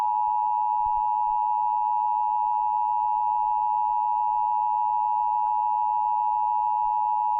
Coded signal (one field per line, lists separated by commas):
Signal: Emergency Alert System (SAME) tones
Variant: 853 and 960 Hz attention tone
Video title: Iowa Required Monthly Tests (EAS #889-902)